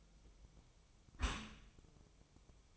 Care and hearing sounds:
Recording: daily activity, microphone in the room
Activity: close dishwasher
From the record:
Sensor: 1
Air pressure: 1004.7 hPa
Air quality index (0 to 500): 114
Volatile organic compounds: 4 ppm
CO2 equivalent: 1576 ppm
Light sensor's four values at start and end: 9/22/8/9 and 9/22/8/9

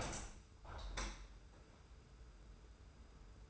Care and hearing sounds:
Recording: daily activity, microphone in the room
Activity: open window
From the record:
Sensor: 2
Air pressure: 991.2 hPa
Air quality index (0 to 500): 130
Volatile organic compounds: 143 ppm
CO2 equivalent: 3992 ppm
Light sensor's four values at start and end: 37/108/42/41 and 38/109/43/41

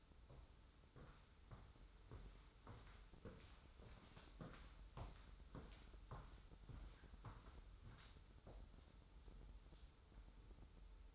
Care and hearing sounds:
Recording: daily activity, microphone in the room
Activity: walk to room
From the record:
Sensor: 3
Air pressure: 994.4 hPa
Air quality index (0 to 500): 203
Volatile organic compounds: 1000 ppm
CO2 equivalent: 6734 ppm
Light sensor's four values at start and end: 97/228/93/86 and 94/221/90/83

